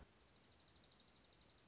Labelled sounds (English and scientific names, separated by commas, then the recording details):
Dark-eyed Junco (Junco hyemalis)
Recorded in Sonoma County, California